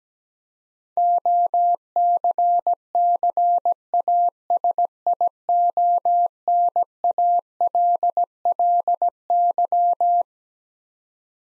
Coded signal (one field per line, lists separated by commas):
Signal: Morse code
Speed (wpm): 17 wpm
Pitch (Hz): 700 Hz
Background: none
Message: OCCASIONALLY